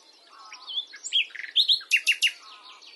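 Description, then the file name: Common nightingale song: varied whistles and sharp descending chirps delivered in a quick, jumbled phrase. "Luscinia megarhynchos"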